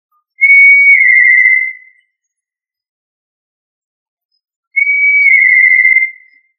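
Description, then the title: Tinamou whistled call: two long, pure, steady whistles, each about one and a half seconds and falling slightly at the end, spaced about four seconds apart in silence. "Familia Tinamidae - Quail - Puyuh"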